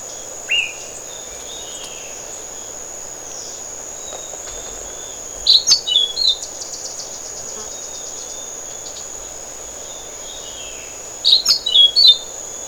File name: Orange billed Nightingale Thrush